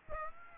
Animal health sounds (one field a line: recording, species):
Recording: mosquito wingbeat signal from an infrared sensor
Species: Aedes aegypti